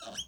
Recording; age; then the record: pig call; piglet (1 to 25 days)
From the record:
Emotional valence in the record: negative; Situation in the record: restrain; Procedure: sham castration, fixation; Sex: male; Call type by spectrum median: high-frequency call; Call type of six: mixed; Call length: 0.28 s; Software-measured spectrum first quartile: 2004 Hz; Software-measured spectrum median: 3212 Hz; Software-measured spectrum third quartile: 5158 Hz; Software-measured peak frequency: 3130 Hz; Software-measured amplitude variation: 186 dB a second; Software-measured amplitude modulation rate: 16.3 a second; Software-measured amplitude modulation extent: 11.4 dB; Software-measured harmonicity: 6.2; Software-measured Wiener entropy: -2.59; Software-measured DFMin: 948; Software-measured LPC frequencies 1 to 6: 670, 1464, 3120, 5881, 6488, 7867 Hz